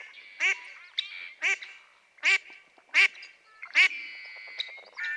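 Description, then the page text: Mallard quacking: loud, harsh nasal quacks, about six in five seconds at uneven intervals. Female quacking persistently for minutes on end; March 18, 2017, Harmony Headlands State Park, Cayucos, California. "Birdsong for the Curious Naturalist. Mallard"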